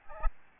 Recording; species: mosquito wingbeat signal from an infrared sensor; Aedes albopictus